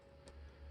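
A small Holosun 407K/507K red dot optic is pressed onto the optic cut and mounting plate on the slide of a compact Canik TP9 Elite SC pistol. A single faint tick is heard at 0.3 s as the optic clicks into place over a steady low hum. The optic is seated, though it still looks slightly bowed, so the seating is not certain.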